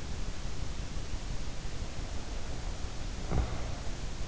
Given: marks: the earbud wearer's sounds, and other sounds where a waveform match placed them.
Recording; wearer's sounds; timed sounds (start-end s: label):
sounds in sleep by an in-ear microphone; snoring breath
1.69-4.00 s: snoring breath